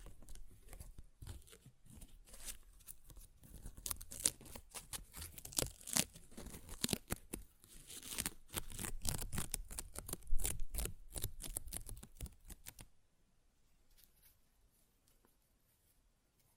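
Paper is ripped and torn in a dense run of crackling, rasping strokes for about thirteen seconds, the tears coming in quick irregular bursts with a few sharper snaps. Then the tearing stops abruptly, leaving near silence with only faint rustles to the end.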